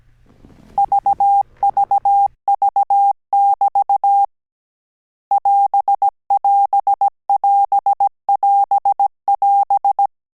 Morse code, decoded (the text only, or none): VVV<BT> <AS><AS><AS><AS><AS>